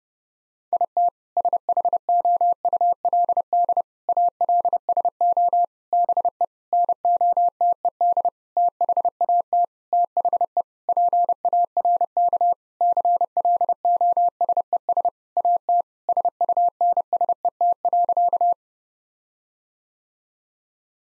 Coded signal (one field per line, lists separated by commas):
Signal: Morse code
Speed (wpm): 32 wpm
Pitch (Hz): 700 Hz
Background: none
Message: IT SHOULD ALSO BE NOTED THAT THE PARK CLOSES AT SUNSET.